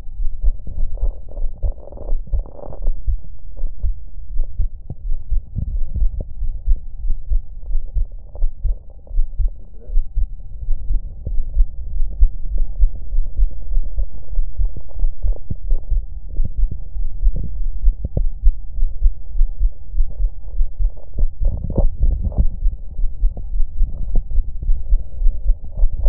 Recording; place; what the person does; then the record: lung sounds by stethoscope; left anterior apical chest; quiet breathing, then deep breathing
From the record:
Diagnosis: none (healthy); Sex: male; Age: 23 years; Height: 185 cm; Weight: 93 kg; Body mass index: 27.2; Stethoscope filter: extended mode